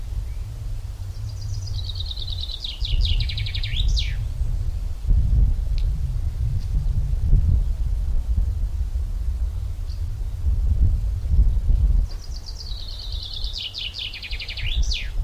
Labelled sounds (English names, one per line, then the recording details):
Common Chaffinch song
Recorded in the wild
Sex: male
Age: adult
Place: Töplitz, Brandenburg, DE
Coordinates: 52.4333, 12.9
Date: 1996-06-15 16:44
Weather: cloudy, 16°C, wind
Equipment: Sony MD-WM MZ-R3, Sennheiser MKH 416 T, Kopie Uher 4000 Report Monitor
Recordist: Tembrock, Günter